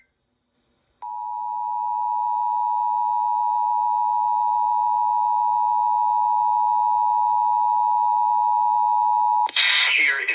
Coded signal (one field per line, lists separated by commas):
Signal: Emergency Alert System (SAME) tones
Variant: 853 and 960 Hz attention tone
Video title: Sick Day Vibes || EAS Alerts from 9/2/25 || (EAS #336-348)